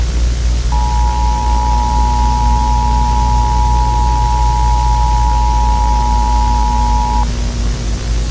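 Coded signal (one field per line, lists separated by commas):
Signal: Emergency Alert System (SAME) tones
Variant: 853 and 960 Hz attention tone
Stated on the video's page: Fictional British emergency alert scenario about an unidentified object approaching Earth, interrupting BBC programming.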